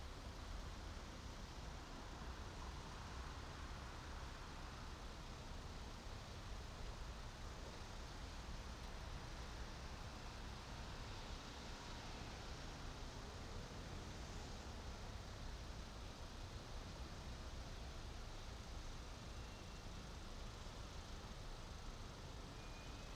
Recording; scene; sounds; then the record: everyday scene through a hearing-aid microphone; in traffic; traffic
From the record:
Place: main city hub, rush hour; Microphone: in the ear canal, right